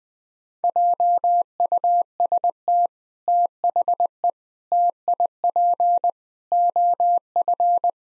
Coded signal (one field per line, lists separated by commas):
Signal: Morse code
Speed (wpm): 20 wpm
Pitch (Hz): 700 Hz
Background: none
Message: JUST THE TIP OF